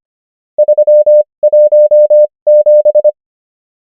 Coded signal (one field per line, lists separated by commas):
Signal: Morse code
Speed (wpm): 25 wpm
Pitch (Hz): 600 Hz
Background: none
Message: 317